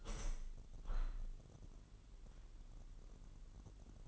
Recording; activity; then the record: daily activity, microphone in the room; open window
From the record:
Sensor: 4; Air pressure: 999.4 hPa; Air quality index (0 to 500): 138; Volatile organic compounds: 3 ppm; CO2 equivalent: 1368 ppm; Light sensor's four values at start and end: 20/50/20/23 and 20/50/21/23